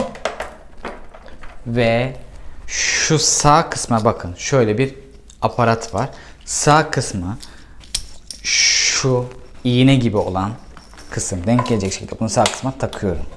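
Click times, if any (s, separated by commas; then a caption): 7.9 s, 8.3 s. A man talks while fitting an accessory into the right-side socket of an İhlas Aura Cleanmax cleaning robot, lining up its pin-like part as he sets it up for carpet washing. Amid his talk, two sharp clicks at 7.9 and 8.3 seconds mark the accessory seating in the socket.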